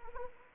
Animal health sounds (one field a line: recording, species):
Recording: mosquito wingbeat signal from an infrared sensor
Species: Anopheles arabiensis